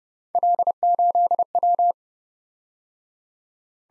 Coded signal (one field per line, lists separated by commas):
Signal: Morse code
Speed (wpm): 28 wpm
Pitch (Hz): 700 Hz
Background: none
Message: L8W